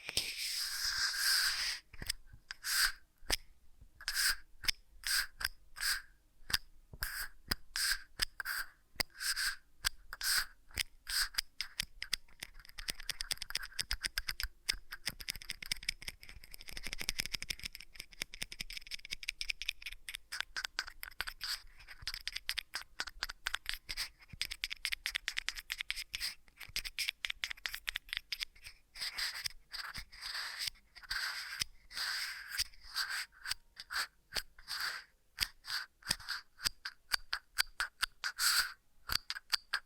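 Ear massage triggers: dense rapid scratching and rubbing sounds crackle almost continuously for the full forty seconds. The strokes are bright and crisp, with quick irregular bursts, a bit louder at the very start and steady after that, with no other sounds behind them.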